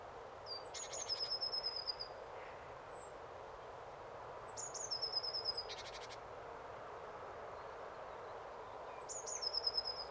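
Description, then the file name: Eurasian blue tit singing three phrases, each a very high thin note sliding down into a fast, bright, even trill, about every four seconds, over a steady low rushing background noise. "Cyanistes caeruleus"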